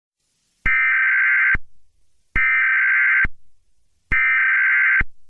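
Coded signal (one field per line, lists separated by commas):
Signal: Emergency Alert System (SAME) tones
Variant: header bursts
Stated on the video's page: Fictional EAS scenario, horror-themed, based on The Monument Mythos.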